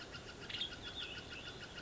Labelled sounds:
Western Tanager (Piranga ludoviciana)
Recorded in Sonoma County, California

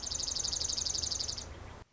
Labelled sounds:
Dark-eyed Junco (Junco hyemalis)
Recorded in Sonoma County, California

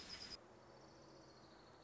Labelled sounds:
Orange-crowned Warbler (Leiothlypis celata)
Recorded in Sonoma County, California

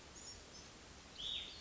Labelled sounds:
Cassin's Vireo (Vireo cassinii)
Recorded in Sonoma County, California

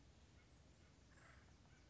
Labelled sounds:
Acorn Woodpecker (Melanerpes formicivorus)
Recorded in Sonoma County, California

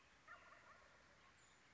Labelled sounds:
Wild Turkey (Meleagris gallopavo)
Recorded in Sonoma County, California

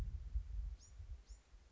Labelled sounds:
Bewick's Wren (Thryomanes bewickii)
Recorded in Sonoma County, California

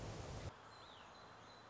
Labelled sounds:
Song Sparrow (Melospiza melodia)
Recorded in Sonoma County, California

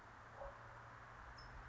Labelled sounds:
California Towhee (Melozone crissalis)
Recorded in Sonoma County, California

